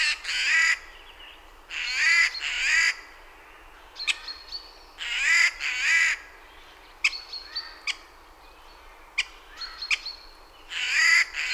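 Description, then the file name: Eurasian jay giving repeated harsh screeches, with sharp clicks and short high whistles between them. "Garrulus glandarius"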